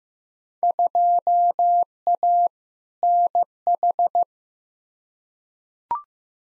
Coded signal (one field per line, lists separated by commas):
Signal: Morse code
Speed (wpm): 15 wpm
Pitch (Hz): 700 Hz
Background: none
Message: 2A NH